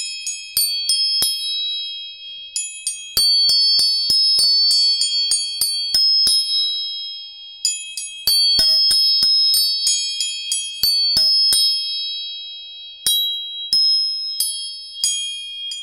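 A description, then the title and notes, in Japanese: Tuning forks are struck again and again in quick bursts, each tap ringing into a bright, steady high tone that hangs before fading. 音叉チューニング。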